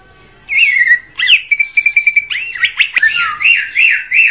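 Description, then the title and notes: Greater green leafbird song opening after a brief quiet, with wavering whistles, a fast pulsed trill and looping rising-falling notes. Singing cucak ijo described as a champion bird. "Kicau Burung Cucak Ijo Juara. Suara kicauan burung cucak ijo"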